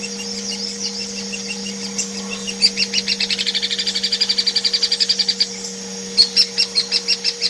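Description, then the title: Hairy woodpecker calling, a rapid run of sharp, clipped notes that breaks off, followed by a slower string of notes, over a steady low electrical hum. Tutor song used to train songbirds such as kacer, murai and cucak hijau; local name platuk. "platuk hairy untuk kacer murai cucak hijau masteran"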